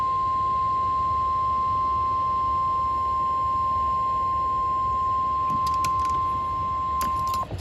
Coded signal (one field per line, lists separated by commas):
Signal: Emergency Alert System (SAME) tones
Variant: 1050 Hz attention tone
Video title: (ARCHIVED) Weekly Test then an Amber alert! (EAS #71 -72)